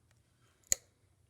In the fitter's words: a clip you just press it you click